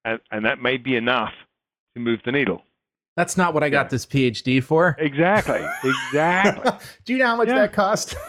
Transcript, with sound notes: and that may be enough to move the needle.
That’s not what I got this PhD for. [laugh]
Exactly. They.
Do you know how much that cost?